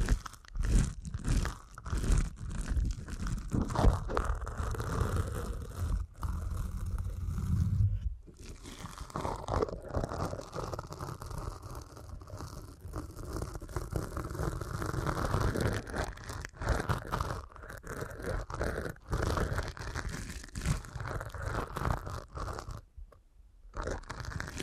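Deep ear canal massage with dense, crackling rubbing and crunchy scraping that continues almost without pause. The first eight seconds carry heavier, low thumping pressure; after that the rubbing turns softer and more even, broken by brief silent gaps around 8, 17 and 23 seconds.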